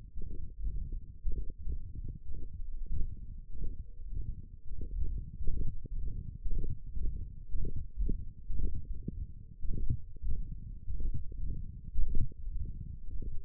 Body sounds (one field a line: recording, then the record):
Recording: forearm muscle sounds (acoustic myography)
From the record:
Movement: index flexion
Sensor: system 1, eight BSWA MPA416 microphones around the upper forearm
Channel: 3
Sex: male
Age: 42 years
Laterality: right